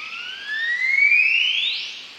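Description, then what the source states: Highland Guan whistle, one long, pure note sliding steadily upward. Male performing territorial display in the cloud forest of El Triunfo Biosphere Reserve, high in the mountains of Chiapas, Mexico; perches on a branch, whistles, then glides on vibrating wings.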